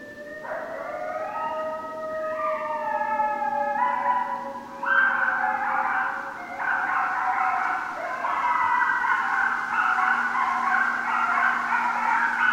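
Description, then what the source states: Coyotes howling, one long tone sliding and stepping in pitch joined by others into a dense wavering chorus of yips and wails, over a low constant hum. Several coyotes, 6 January 2013.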